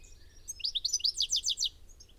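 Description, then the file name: European goldfinch giving one rapid burst of high, bouncy tinkling notes. "Carduelis carduelis"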